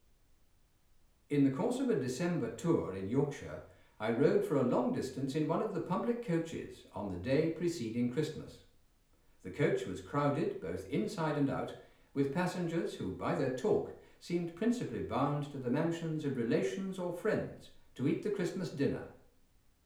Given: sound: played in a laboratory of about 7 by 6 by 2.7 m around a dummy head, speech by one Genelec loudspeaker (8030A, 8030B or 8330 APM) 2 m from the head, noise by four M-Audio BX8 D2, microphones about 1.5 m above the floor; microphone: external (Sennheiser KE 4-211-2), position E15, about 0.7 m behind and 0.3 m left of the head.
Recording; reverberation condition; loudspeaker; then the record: male speech in English; medium; 90 degrees to the right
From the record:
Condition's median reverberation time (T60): about 510 ms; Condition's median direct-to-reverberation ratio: about -0.5 dB